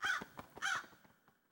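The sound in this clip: Crow cawing: two hoarse caws in quick succession, fading into a brief rough tail.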